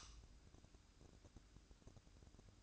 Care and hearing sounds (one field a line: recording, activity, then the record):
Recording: daily activity, microphone in the room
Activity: light on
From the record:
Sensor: 2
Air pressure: 1007.7 hPa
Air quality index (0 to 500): 89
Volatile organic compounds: 1 ppm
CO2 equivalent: 683 ppm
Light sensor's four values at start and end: 7/16/7/7 and 11/30/12/12